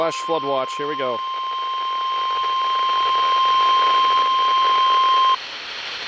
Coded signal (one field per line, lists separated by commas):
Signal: Emergency Alert System (SAME) tones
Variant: 1050 Hz attention tone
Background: speech